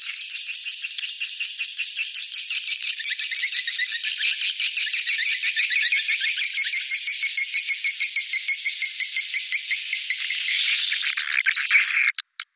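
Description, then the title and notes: Swiftlet chatter, fast rhythmic buzzy chirps repeated in a steady pulse, forming a dense high twitter that cuts off abruptly near the end. Swiftlet sound used in swiftlet farming in Asia. "Swiflet Bird Sound. Farming Swiflet Bird asia sound"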